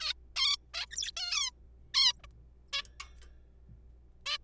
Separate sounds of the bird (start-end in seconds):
0.01-0.13, 0.36-0.57, 0.74-0.86, 0.91-0.96, 0.97-1.11, 1.17-1.50, 1.94-2.12, 2.24-2.26, 2.73-2.82, 4.26-4.37